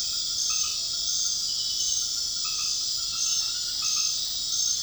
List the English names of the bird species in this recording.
none